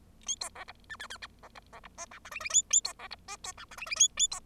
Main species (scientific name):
Lonchura striata domestica